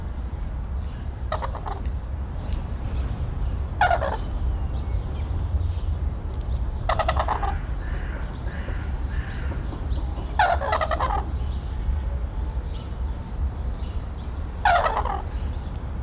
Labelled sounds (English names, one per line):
Red-crowned Crane call